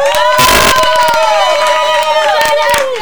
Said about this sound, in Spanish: Me encantó, mucho público, aparte un aplauso de todo el público presente.